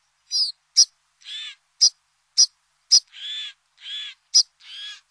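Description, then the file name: White-winged snowfinch calls: sharp high clicks alternating with longer harsh, nasal buzzy notes, roughly two calls per second, no other sounds. "Niverolle"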